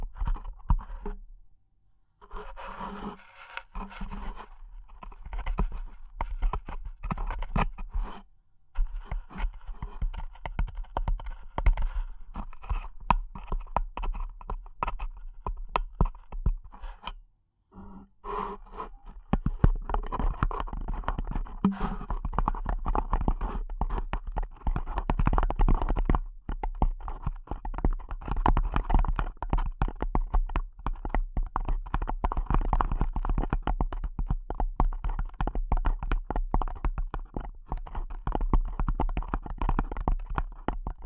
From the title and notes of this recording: ASMR Delicate Tapping (No Talking).